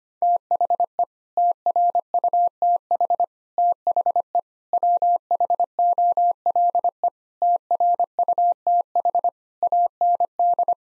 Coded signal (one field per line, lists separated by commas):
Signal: Morse code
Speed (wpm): 25 wpm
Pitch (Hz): 700 Hz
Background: none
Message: THE TRUTH THE WHOLE TRUTH AND